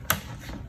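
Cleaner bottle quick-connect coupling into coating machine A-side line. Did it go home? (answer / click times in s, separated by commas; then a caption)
yes / 0.1 s. A cleaner bottle is flipped over and its hose quick-connect coupling is pushed onto the A-side inlet of a coating machine, giving one sharp, bright click at 0.1 s followed by quiet low rumble. The coupling clicks in and is seated, and the connection is then checked by pulling on it.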